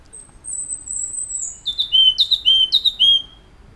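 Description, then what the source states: Yellow-cheeked tit giving a thin, very high whistle that slowly falls, followed by a few quick sharp notes dropping into buzzy tails. Subspecies rex of yellow-cheeked tit.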